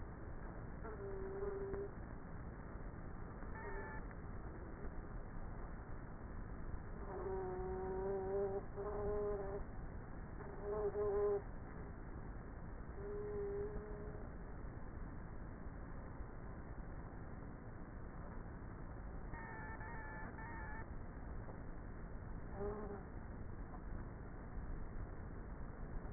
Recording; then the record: honeybee colony, microphone inside the hive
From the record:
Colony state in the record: queenless with a low population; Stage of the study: before two queens were removed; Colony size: about 30,000 bees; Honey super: no